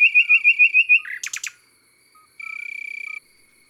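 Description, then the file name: Common nightingale delivering a quick run of loud repeated whistled notes, then a brief rattle, followed by a steady buzzing insect trill. Recorded in the countryside. "Rossignol philomele Chants doiseaux dans la campagne"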